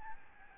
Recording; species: mosquito wingbeat signal from an infrared sensor; Aedes albopictus